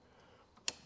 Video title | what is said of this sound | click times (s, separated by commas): Buy The Porsche. | did you see how well that clicked in it just went click | 0.7 s